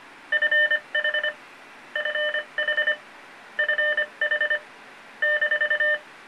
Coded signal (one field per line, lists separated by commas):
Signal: Morse code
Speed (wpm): 25 wpm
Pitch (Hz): 1800 Hz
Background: none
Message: FH FH FH -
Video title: The completed "Fox Box" transmitter box for radio fox hunting.